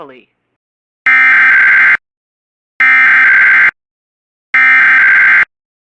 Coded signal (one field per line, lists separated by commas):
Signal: Emergency Alert System (SAME) tones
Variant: header bursts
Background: speech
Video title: Part of RWT for Hawaii + SVR for parts of Canada! (EAS #145-146)